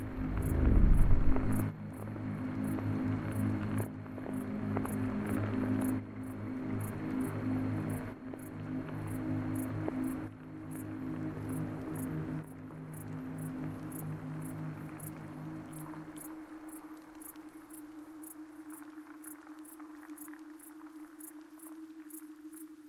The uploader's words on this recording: Exploring the stretch and pulse of time at night, led by the rhythmic crickets in the field recording and enhanced with gentle piano interjections. Crickets in Bad Boll.